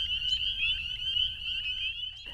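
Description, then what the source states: Spring peepers in a dense chorus, high piping peeps overlapping continuously into a steady shrill ringing. Heard early in spring on a frog and toad listening survey route on Old Mission Peninsula, Michigan, USA; so many calling that there is no break, rated 3 on the survey's 0–3 scale.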